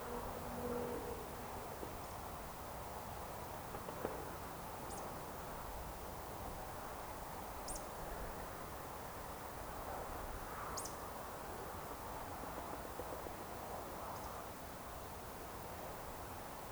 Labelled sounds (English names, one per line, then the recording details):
Eurasian Woodcock
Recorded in Baden-Württemberg, Germany, on 29 June 2020 at 20:33 UTC
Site 43791, 788 m above sea level